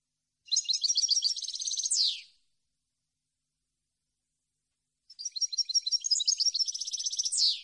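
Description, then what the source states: European goldfinch song in two bursts, each a fast tinkling twitter closing with a descending buzzy slur, separated by about three seconds of silence. Clean goldfinch song on CD, for birds to copy as song training.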